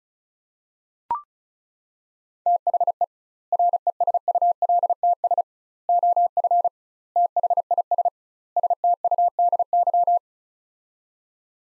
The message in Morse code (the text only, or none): THE RESULTS OF THIS STUDY